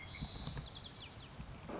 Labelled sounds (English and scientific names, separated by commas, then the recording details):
White-crowned Sparrow (Zonotrichia leucophrys)
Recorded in Sonoma County, California